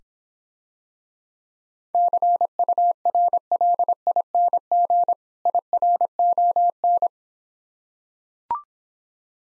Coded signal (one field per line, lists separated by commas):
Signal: Morse code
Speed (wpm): 26 wpm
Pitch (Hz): 700 Hz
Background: none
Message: CURLING IRON